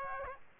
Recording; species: mosquito wingbeat signal from an infrared sensor; Aedes aegypti